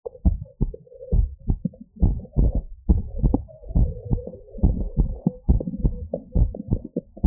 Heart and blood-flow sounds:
heart sounds
0.00	0.24	diastole
0.24	0.38	S1
0.38	0.62	systole
0.62	0.72	S2
0.72	1.12	diastole
1.12	1.28	S1
1.28	1.50	systole
1.50	1.60	S2
1.60	2.02	diastole
2.02	2.16	S1
2.16	2.38	systole
2.38	2.52	S2
2.52	2.88	diastole
2.88	3.02	S1
3.02	3.24	systole
3.24	3.34	S2
3.34	3.76	diastole
3.76	3.90	S1
3.90	4.12	systole
4.12	4.22	S2
4.22	4.62	diastole
4.62	4.76	S1
4.76	4.98	systole
4.98	5.10	S2
5.10	5.48	diastole
5.48	5.62	S1
5.62	5.84	systole
5.84	5.94	S2
5.94	6.36	diastole
6.36	6.50	S1
6.50	6.72	systole
6.72	6.82	S2
6.82	7.24	diastole
7.24	7.27	S1
From the record:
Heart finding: abnormal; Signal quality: good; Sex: male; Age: 48 years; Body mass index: 28.7

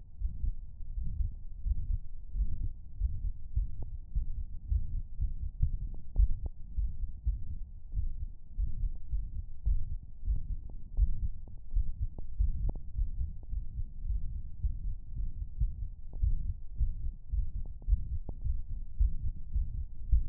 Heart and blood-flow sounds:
heart sounds
0.00	0.17	diastole
0.17	0.27	S1
0.27	0.42	systole
0.42	0.52	S2
0.52	0.94	diastole
0.94	1.08	S1
1.08	1.18	systole
1.18	1.32	S2
1.32	1.64	diastole
1.64	1.78	S1
1.78	1.88	systole
1.88	2.02	S2
2.02	2.34	diastole
2.34	2.48	S1
2.48	2.62	systole
2.62	2.72	S2
2.72	3.00	diastole
3.00	3.14	S1
3.14	3.22	systole
3.22	3.32	S2
3.32	3.56	diastole
3.56	3.68	S1
3.68	3.80	systole
3.80	3.90	S2
3.90	4.16	diastole
4.16	4.28	S1
4.28	4.38	systole
4.38	4.46	S2
4.46	4.70	diastole
4.70	4.82	S1
4.82	4.92	systole
4.92	5.00	S2
5.00	5.20	diastole
5.20	5.30	S1
5.30	5.40	systole
5.40	5.51	S2
5.51	5.62	diastole
5.62	5.74	S1
5.74	5.82	systole
5.82	5.92	S2
5.92	6.18	diastole
6.18	6.30	S1
6.30	6.40	systole
6.40	6.50	S2
6.50	6.76	diastole
6.76	6.86	S1
6.86	6.96	systole
6.96	7.06	S2
7.06	7.26	diastole
7.26	7.38	S1
7.38	7.50	systole
7.50	7.62	S2
7.62	7.94	diastole
7.94	8.08	S1
8.08	8.20	systole
8.20	8.30	S2
8.30	8.58	diastole
8.58	8.70	S1
8.70	8.82	systole
8.82	8.92	S2
8.92	9.14	diastole
9.14	9.26	S1
9.26	9.34	systole
9.34	9.42	S2
9.42	9.66	diastole
9.66	9.80	S1
9.80	9.90	systole
9.90	10.00	S2
10.00	10.28	diastole
10.28	10.40	S1
10.40	10.52	systole
10.52	10.64	S2
10.64	10.96	diastole
10.96	11.10	S1
11.10	11.24	systole
11.24	11.38	S2
11.38	11.70	diastole
11.70	11.86	S1
11.86	12.00	systole
12.00	12.10	S2
12.10	12.38	diastole
12.38	12.52	S1
12.52	12.62	systole
12.62	12.74	S2
12.74	12.98	diastole
12.98	13.10	S1
13.10	13.20	systole
13.20	13.30	S2
13.30	13.54	diastole
13.54	13.66	S1
13.66	13.76	systole
13.76	13.86	S2
13.86	14.08	diastole
14.08	14.20	S1
14.20	14.30	systole
14.30	14.40	S2
14.40	14.64	diastole
14.64	14.76	S1
14.76	14.86	systole
14.86	14.94	S2
14.94	15.18	diastole
15.18	15.28	S1
15.28	15.37	systole
15.37	15.47	S2
15.47	15.60	diastole
15.60	15.72	S1
15.72	15.82	systole
15.82	15.92	S2
15.92	16.20	diastole
16.20	16.38	S1
16.38	16.46	systole
16.46	16.54	S2
16.54	16.80	diastole
16.80	16.92	S1
16.92	17.02	systole
17.02	17.12	S2
17.12	17.34	diastole
17.34	17.46	S1
17.46	17.56	systole
17.56	17.64	S2
17.64	17.88	diastole
17.88	18.00	S1
18.00	18.10	systole
18.10	18.20	S2
18.20	18.46	diastole
18.46	18.58	S1
18.58	18.70	systole
18.70	18.78	S2
18.78	19.00	diastole
19.00	19.14	S1
19.14	19.24	systole
19.24	19.32	S2
19.32	19.56	diastole
19.56	19.68	S1
19.68	19.76	systole
19.76	19.86	S2
19.86	20.10	diastole
20.10	20.24	S1
20.24	20.29	systole
From the record:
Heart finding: mitral regurgitation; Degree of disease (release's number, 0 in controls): 2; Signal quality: good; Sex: female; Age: 78 years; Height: 1.62 m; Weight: 80 kg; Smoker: no

